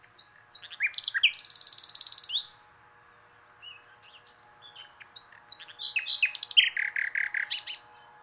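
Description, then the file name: Common nightingale song: sharp chirps, then a dry buzzy rattle, a quiet pause with soft notes, and a varied phrase ending in quick repeated chirps. "Luscinia megarhynchos"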